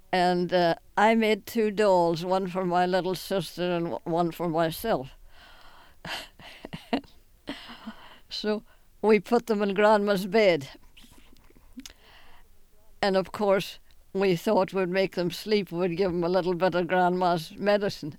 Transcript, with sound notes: And I made two dolls, one for my little sister and one for myself. ( she laughs ) So we put them in Grandma's bed. And, of course, we thought we'd make them sleep, we'd give them a little bit of Grandma's medicine.